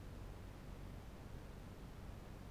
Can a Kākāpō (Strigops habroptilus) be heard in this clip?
no